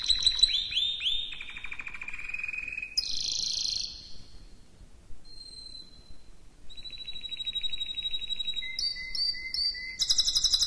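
Canary song beginning with descending slurred notes and a buzzy burst, a near-silent gap, then pure whistles and a fast trill to close.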